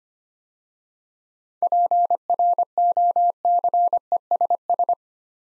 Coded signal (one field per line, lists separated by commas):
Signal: Morse code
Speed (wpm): 25 wpm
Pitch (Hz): 700 Hz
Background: none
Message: PROCESS